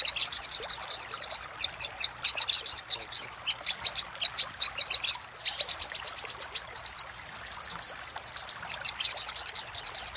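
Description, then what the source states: Little spiderhunter song: almost continuous volleys of high, metallic chips at a rapid, slightly uneven pace. Masteran (tutor) recording of sogok ontong song, used to train cage birds; labelled Labaik.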